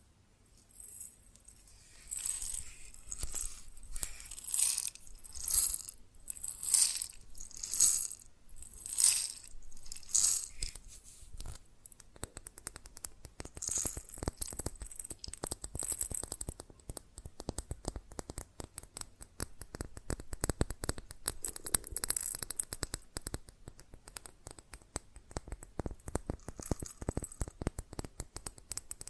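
Fast tapping on glass and ceramic objects: bright ringing clinks in regular bursts for ten seconds, then dense, quicker, quieter clicking throughout.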